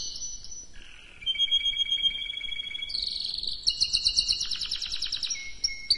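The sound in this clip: Canary singing a continuous run of phrases, from a faint buzz into level whistles, then a fast, bright, rattling trill and high piping notes.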